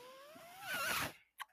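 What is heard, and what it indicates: A rising mechanical whine, then a short rush of air and a click: a home ventilator cycling a breath in the background of a speaker's room.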